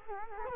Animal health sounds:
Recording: mosquito wingbeat signal from an infrared sensor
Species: Culex quinquefasciatus

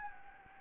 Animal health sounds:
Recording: mosquito wingbeat signal from an infrared sensor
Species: Anopheles gambiae

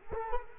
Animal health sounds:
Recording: mosquito wingbeat signal from an infrared sensor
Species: Culex quinquefasciatus

